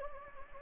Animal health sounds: mosquito wingbeat signal from an infrared sensor; Anopheles gambiae

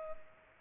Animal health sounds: mosquito wingbeat signal from an infrared sensor; Culex pipiens

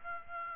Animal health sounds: mosquito wingbeat signal from an infrared sensor; Aedes aegypti

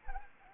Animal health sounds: mosquito wingbeat signal from an infrared sensor; Anopheles arabiensis

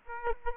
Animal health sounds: mosquito wingbeat signal from an infrared sensor; Aedes aegypti

